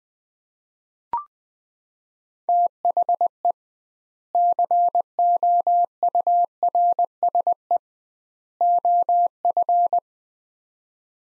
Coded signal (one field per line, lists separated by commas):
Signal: Morse code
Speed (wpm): 21 wpm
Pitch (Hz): 700 Hz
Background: none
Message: THE COURSE OF